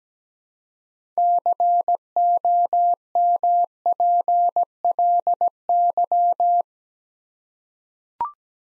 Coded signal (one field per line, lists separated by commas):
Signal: Morse code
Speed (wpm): 17 wpm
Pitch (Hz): 700 Hz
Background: none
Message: COMPLY